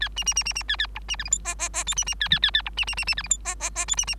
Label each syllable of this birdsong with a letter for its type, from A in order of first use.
A B B B B B A A C B D E F G G G H B B A A A A C B B B B D E F G G G H B B